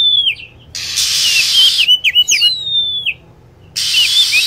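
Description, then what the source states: Lovebird chatter of quick shrill chirps and a long descending whistle, set between two stretches of steady hiss. Lure call for attracting lovebirds.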